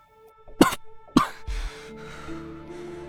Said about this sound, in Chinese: 然而敌人的身影迟迟没有出现，霍介屏息良久，忍不住漏了口气，咳嗽起来。